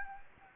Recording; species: mosquito wingbeat signal from an infrared sensor; Anopheles gambiae